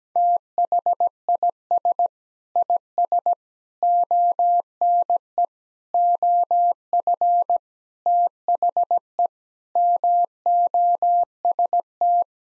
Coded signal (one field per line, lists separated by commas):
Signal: Morse code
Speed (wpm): 17 wpm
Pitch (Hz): 700 Hz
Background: none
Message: THIS IS ONE OF THE MOST